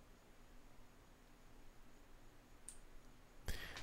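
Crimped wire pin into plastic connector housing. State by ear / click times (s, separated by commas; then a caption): not seated / none. A blue wire's crimped pin is pushed into a plastic connector housing over a faint steady hiss, with a brief sharp tick around 2.7 s and a louder scraping rustle from about 3.5 s. The pin has not latched or clicked into place, and it pulls right back out because the crimp needed more work to fit.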